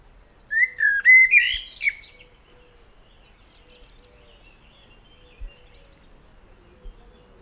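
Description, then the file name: Common blackbird song phrase: mellow whistled notes running into a high scratchy flourish, followed by quiet background and a few faint ticks. "Turdus merula"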